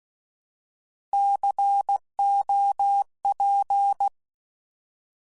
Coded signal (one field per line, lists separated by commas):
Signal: Morse code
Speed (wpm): 16 wpm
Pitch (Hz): 800 Hz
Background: none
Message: COP